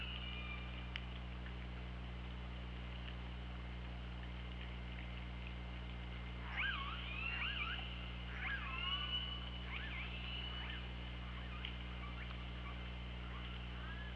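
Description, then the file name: Killer whale calls, a cluster of rapid wavering, up-and-down swooping whistles in the middle, over constant low underwater hum. Recorded by OrcaLab hydrophone on 24 August 2017, around 08:06. "Orca Lab UTLN JASON 20170824 080631 h 2 LL ORCALABDYNI"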